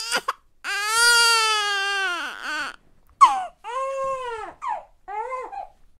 Newborn baby crying.